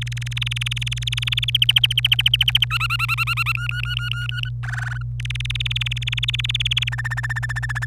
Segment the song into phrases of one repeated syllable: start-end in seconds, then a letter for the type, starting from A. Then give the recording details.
0.01-1.64 A, 1.69-2.65 B, 2.71-3.52 C, 3.55-4.49 D, 4.63-5.02 E, 5.20-6.89 A, 6.92-7.85 F. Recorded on 26 April 2018 at 05:57. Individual llb3